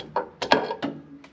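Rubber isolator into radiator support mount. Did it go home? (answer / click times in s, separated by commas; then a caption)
yes / 0.5 s. A new rubber lower radiator mount isolator, lubricated with WD-40, is pushed into the radiator support of a Humvee and pops into place without needing to be pressed in. A few short knocks and scrapes come before it, and the loudest pop at 0.5 s is the isolator seating, followed by a brief ringing tone and a faint tick at the end. The isolator is seated in its mount.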